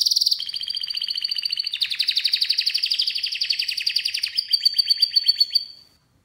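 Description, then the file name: Canary singing a long run of fast, evenly repeated chirping notes in rolling trills, shifting pitch slightly before fading out near the end. "Canary Voice"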